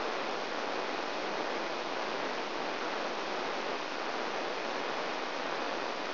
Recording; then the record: brain microelectrode recording played as sound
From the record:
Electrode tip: outside the subthalamic nucleus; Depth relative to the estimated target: 3 mm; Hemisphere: left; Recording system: AlphaMap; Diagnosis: Parkinson's disease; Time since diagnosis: 23 years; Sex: male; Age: 65 years